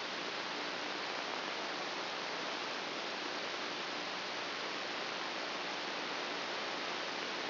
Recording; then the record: brain microelectrode recording played as sound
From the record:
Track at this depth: outside the subthalamic nucleus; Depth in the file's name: 5.002 mm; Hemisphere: left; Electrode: 2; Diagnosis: Parkinson's disease